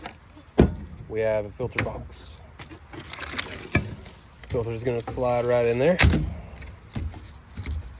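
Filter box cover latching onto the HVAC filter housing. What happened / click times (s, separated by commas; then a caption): The filter is being handled and slid toward the box; it has not yet locked in place / none. A homemade HVAC filter is handled at the filter box of a central heating and air unit, with the filter box cover meant to latch onto the filter housing. Someone talks over scattered handling knocks and taps, with sharper ones near 0.6 s and 3.8 s. Nothing has seated or latched yet.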